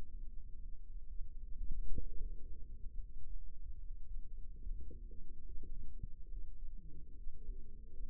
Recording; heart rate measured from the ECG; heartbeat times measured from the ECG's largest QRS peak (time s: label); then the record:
heart sounds by microphone in the left ear; 73 bpm
0.62 s: heartbeat
1.40 s: heartbeat
2.20 s: heartbeat
3.00 s: heartbeat
3.83 s: heartbeat
4.62 s: heartbeat
5.45 s: heartbeat
6.30 s: heartbeat
7.17 s: heartbeat
7.99 s: heartbeat
From the record:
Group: healthy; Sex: male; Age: 22 years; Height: 181 cm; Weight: 79 kg